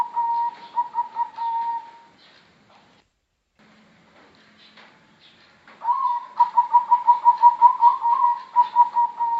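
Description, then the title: Zebra dove song: a rapid string of soft, bubbling coos near one pitch, about two seconds long, then a quiet pause and another rolling phrase. Bangkok type zebra dove with a melodious song, used as a masteran tutor for other birds. "mster Mnuk. suara perkutut bangkok"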